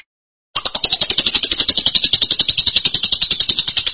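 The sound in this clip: Lovebird song after a short silence: one continuous shrill, rapidly pulsing chatter with a slightly wavering high pitch that runs to the end.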